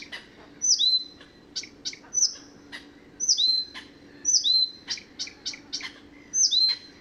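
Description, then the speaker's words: Blyth's Reed Warbler song: high, sliding whistled notes alternating with clipped clicks, delivered in slow, repeated bursts with short gaps. "Viitakerttunen ja merilokki lähtee"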